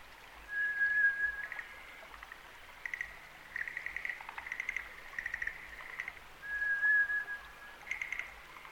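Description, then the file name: White's thrush song: a thin, steady, drawn-out whistle, given twice about six seconds apart, with soft scattered chirping and clicking notes between. "toratsugumi"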